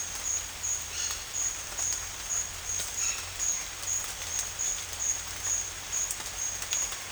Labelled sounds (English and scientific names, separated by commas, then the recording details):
none
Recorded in dense forest near Puerto Asís, Putumayo, Colombia, on 21 December 2024 at 10:30
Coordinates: 0.484, -76.325
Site G056